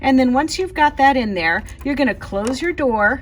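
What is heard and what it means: Someone talks while working on a BERNINA 4, 5 or 7 Series sewing machine, where the hook has been put back into its race, held in tight by a magnet, and the hinged cover door over the bobbin and hook area is about to be closed. Only the talking is heard, with no distinct hits. The door has not clicked shut yet and its clasp has not engaged.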